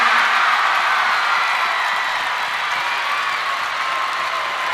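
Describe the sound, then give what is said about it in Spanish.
Enormous applause from a concert crowd in Madrid at the 40 Principales 40th anniversary concert, welcoming a performer to the stage: a loud, dense roar of clapping and cheering that holds steady for the whole stretch, with no single voice standing out. “Ayudarme por favor con un aplauso enorme a presentar a mi hermano pequeño”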